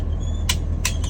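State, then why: Seated. In a truck cab during a pre-trip air brake test, the driver pushes the metal seat belt tongue into the buckle over a steady low engine rumble. Sharp clicks sound at 0.5 s and 0.9 s, followed by a fainter click at 1.0 s. The belt snaps in place and is seated.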